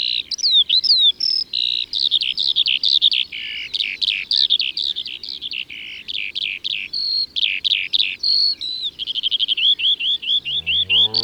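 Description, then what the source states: Eurasian skylark singing a fast, unbroken torrent of twittering, slurred and trilled notes, ending with a quick run of repeated chirps. Recorded in Ardèche, France.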